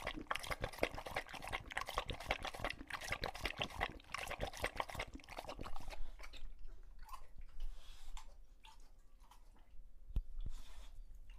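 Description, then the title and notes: English Bulldog drinking, fast dense slurping laps for about six seconds, then a quieter stretch with a couple of sharp clicks. Male English Bulldog named Lucho drinking water from a bowl after a long walk, breathing heavily and out of breath between drinks. "English Bulldog Drinks from Water Bowl. listen to Lucho the English Bulldog as he tries to drink water after a long walk. Don't let his heavy breathing fool you in between drinks, he's equally out of breath from the walk"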